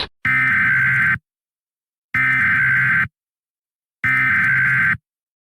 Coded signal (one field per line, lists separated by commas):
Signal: Emergency Alert System (SAME) tones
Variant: header bursts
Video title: EAS Scenario #18 : Sea Level Rise Outbreak (Requested by: @ImperialKentucky2022)